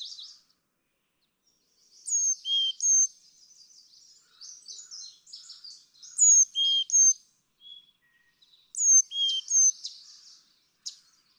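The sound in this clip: Carolina chickadee song, high then lower whistled notes in several phrases, with quieter chips and twitters between them.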